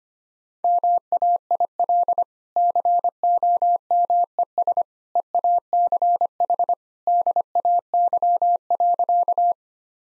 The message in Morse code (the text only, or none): MAIL COMES EACH DAY.